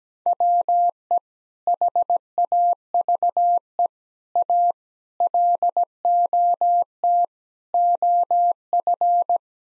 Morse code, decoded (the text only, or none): WE HAVE A LOT OF